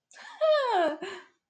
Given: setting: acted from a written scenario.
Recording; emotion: vocal sound without words; amusement